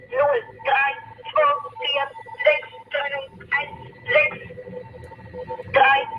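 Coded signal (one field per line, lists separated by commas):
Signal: numbers station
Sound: about seven short evenly spaced spoken words or syllables, with a faint steady whine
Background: faint steady tone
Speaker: this is what uh numbers stations sound like it's just tones beeps voices weird stuff some of it's even backwards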